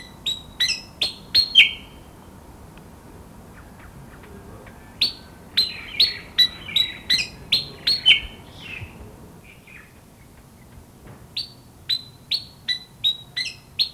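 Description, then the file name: Pied fantail song in three bursts of rapid high chirps, each sliding down to a brief steady whistle, with quiet pauses of a few seconds between the runs. Garden setting. "kipasan kebun omkicau"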